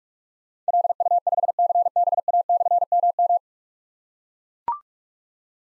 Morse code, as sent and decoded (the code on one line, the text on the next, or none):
.-.. ..- ..... -.-. -... .- -..-. -- --
LU5CBA/MM